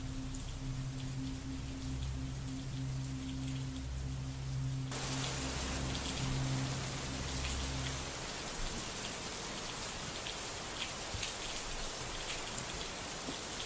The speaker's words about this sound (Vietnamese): Chỉ còn lại tiếng mưa vẫn cứ ào ào rội xuống mái tôn của căn gác nhỏ.